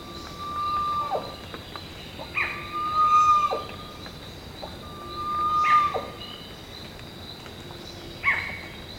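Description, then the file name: Bird calling with long level whistles and short sharp notes in between, repeating every few seconds against a steady high background buzz. "SABIOD 50 bird 2015"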